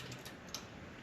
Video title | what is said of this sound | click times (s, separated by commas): How to change your Lincoln MKX Front Brakes | you're just gonna start from this side push it in until it clicks in on the back side | 0.5 s